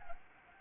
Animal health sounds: mosquito wingbeat signal from an infrared sensor; Anopheles gambiae

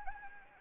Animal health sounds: mosquito wingbeat signal from an infrared sensor; Anopheles gambiae

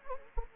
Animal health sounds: mosquito wingbeat signal from an infrared sensor; Anopheles gambiae

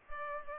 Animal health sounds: mosquito wingbeat signal from an infrared sensor; Culex pipiens

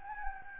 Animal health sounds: mosquito wingbeat signal from an infrared sensor; Anopheles gambiae

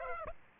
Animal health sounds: mosquito wingbeat signal from an infrared sensor; Aedes aegypti

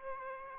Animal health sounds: mosquito wingbeat signal from an infrared sensor; Aedes aegypti

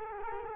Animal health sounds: mosquito wingbeat signal from an infrared sensor; Culex quinquefasciatus

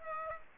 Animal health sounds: mosquito wingbeat signal from an infrared sensor; Aedes aegypti

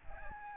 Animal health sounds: mosquito wingbeat signal from an infrared sensor; Aedes albopictus

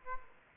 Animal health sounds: mosquito wingbeat signal from an infrared sensor; Aedes aegypti

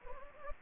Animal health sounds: mosquito wingbeat signal from an infrared sensor; Anopheles gambiae

